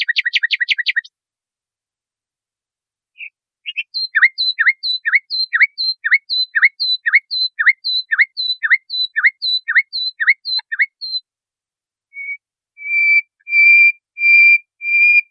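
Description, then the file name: Nightingale song: brief rapid trill, a pause, then a steady series of downward-slurred notes about twice a second, ending with several long, pure whistles growing louder. Masteran recording, made for training caged songbirds. "suara masteran nightingale"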